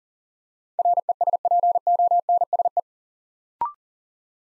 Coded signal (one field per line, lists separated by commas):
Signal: Morse code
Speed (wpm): 40 wpm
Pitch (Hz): 700 Hz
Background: none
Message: RESPONSE